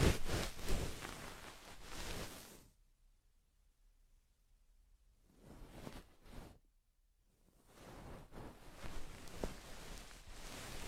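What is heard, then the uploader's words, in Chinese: A goose-feather ear pick brushes and swishes in soft, dense rustling strokes. The scratchy hiss comes in bursts, opening loud, stopping almost completely from about 3 to 5 seconds and again near 7, then returning steadily through the end. 贯穿大脑，鹅毛棒掏耳助眠！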